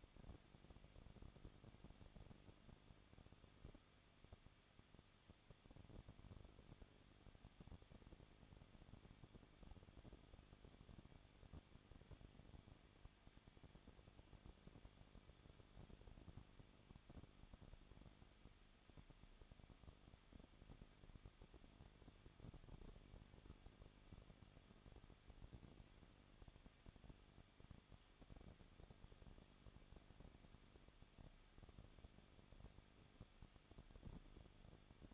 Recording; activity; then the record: daily activity, microphone in the room; no activity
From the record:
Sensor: 4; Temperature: 23.1 degrees Celsius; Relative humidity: 34.3%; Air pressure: 1007.2 hPa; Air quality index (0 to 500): 214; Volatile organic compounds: 15 ppm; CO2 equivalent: 2480 ppm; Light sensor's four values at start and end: 2/3/1/1 and 2/3/1/1